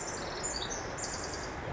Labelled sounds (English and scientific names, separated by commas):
Pacific Wren (Troglodytes pacificus)